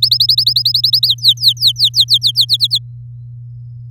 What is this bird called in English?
Domestic Canary